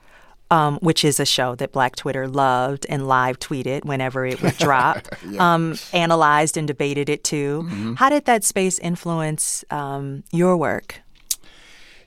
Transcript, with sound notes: which is a show that Black Twitter loved and live-tweeted whenever it would drop...
(Laughter) Yeah.
...Analyzed and debated it, too. How did that space influence your work?